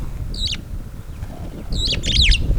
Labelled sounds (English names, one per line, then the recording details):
Superb Starling flight call
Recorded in Kenya on 18 April 2009 at 08:10
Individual 123, of group WDB